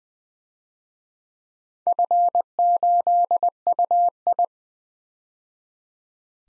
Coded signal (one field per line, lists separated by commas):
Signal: Morse code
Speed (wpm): 21 wpm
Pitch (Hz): 700 Hz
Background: none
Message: F8UI